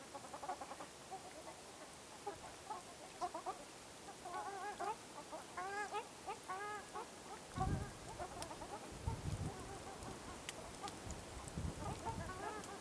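Ruddy shelduck calls: faint nasal honks come in short bursts, with intermittent low thumps and rumbling noise in the second half.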